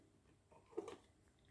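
A micro SD card, just loaded with files, is brought up to a radio transmitter's card slot and lined up for insertion. Faint handling noise builds to a brief scraping burst around 0.8–0.9 s, then fades back to quiet. Nothing has seated or clicked yet.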